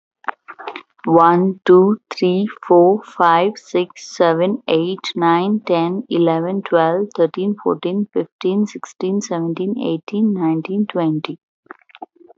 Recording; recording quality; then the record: counting at a normal pace; excellent, no background noise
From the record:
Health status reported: healthy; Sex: female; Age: 30 years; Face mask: not worn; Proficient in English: yes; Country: India